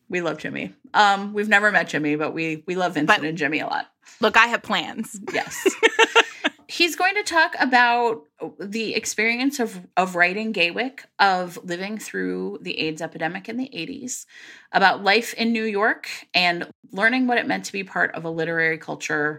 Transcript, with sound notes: We love Jimmy. We've never met Jimmy but we love Jimmy a lot. Look, I have plans. (laughs) Yes. He's going to talk about the experience of writing Gaywyck, of living through the AIDS epidemic in the '80s, about life in New York, and learning what it meant to be part of a literary culture